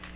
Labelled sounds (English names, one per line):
Cape May Warbler flight call